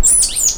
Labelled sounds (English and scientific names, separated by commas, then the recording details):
Stitchbird (Notiomystis cincta) song
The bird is a male
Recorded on Tiritiri Matangi Island, New Zealand, in 2005
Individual 1, of nest box 1